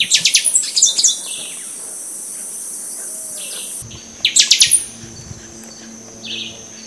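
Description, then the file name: Buffy-fronted seedeater giving quick series of bright, high chirping notes in a few bursts separated by pauses, with a shrill insect drone behind. Recorded at Itanhaém, São Paulo, Brazil, on 31 October 2014. "Sporophila frontalis. RPreto-Itanhaem SP-BR-31-10-14-ASilveira"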